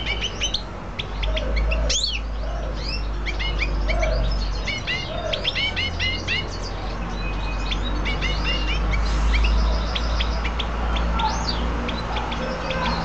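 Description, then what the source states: Canary chirping, many quick high twittering notes and short sweeps, irregular and busy, over a constant low hum. Female bird.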